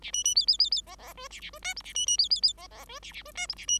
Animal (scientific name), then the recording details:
Lonchura striata domestica. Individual Bird5